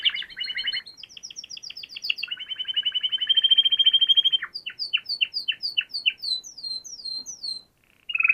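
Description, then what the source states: Canary song in varied tours: quick chirps, a rapid trill, a long buzzy rattle, then spaced descending whistled notes. Canary song used to train other birds to learn the song (masteran).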